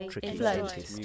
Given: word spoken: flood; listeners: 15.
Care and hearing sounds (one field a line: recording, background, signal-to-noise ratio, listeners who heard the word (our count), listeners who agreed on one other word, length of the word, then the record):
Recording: one English word in noise, from a listening test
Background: four-talker babble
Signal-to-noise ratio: 0.9 dB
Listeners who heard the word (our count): 1 of 15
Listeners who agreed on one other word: 10 of 15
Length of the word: 0.66 s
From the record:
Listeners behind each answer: 10, 1, 1, 1, 1, 1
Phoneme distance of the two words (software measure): 20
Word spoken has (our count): 1 syllable, 4 phonemes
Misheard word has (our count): 1 syllable, 4 phonemes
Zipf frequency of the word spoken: 4.21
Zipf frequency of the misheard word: 3.96